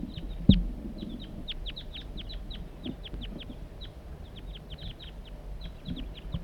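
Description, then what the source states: Crossbill calls: a run of short, sharp, downslurred chips, several a second, over a low rumble. Wild male circling in flight while giving calls, near a decoy setup on a hilltop.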